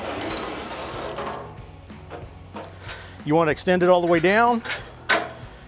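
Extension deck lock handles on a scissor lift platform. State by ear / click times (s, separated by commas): seated / 5.1 s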